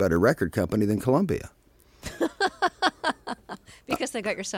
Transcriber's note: soundbite of laughter